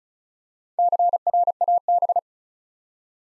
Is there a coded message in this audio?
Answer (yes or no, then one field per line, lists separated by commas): yes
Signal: Morse code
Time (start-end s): 0.8-2.2 s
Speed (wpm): 36 wpm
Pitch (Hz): 700 Hz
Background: none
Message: CRAB